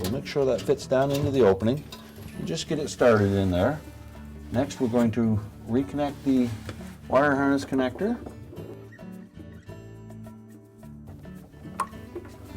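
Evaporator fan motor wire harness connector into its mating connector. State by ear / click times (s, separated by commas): seated / 11.8 s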